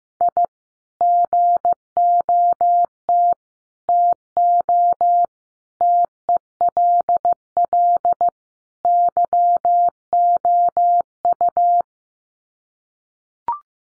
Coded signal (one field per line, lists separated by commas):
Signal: Morse code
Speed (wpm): 15 wpm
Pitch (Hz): 700 Hz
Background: none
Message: I GOT TO TELL YOU